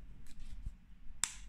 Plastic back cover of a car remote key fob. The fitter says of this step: basıp tık sesi geldikten sonra bunu da çıkarıyoruz.